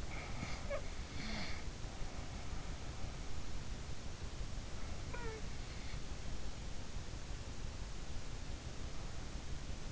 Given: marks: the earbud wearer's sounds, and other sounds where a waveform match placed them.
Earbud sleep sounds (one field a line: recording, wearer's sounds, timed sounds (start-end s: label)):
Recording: sounds in sleep by an in-ear microphone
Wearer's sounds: snoring breath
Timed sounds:
0.00-3.20 s: snoring breath
5.07-5.47 s: snoring breath